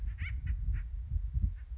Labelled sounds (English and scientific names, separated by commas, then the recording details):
Acorn Woodpecker (Melanerpes formicivorus)
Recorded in Sonoma County, California